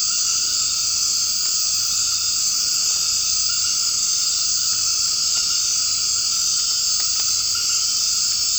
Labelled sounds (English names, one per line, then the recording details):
none
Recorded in secondary vegetation near Puerto Asís, Putumayo, Colombia, on 24 March 2025 at 20:00
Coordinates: 0.502, -76.326
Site G100